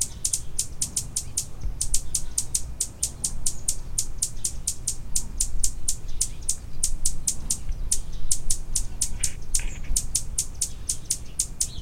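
Anna's hummingbird calls: a long, even series of thin, high clicking chips in quick succession, over steady low noise.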